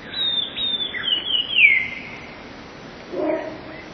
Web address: wroblowe teka 2 spiew 11. wroblowe teka modraszkoteka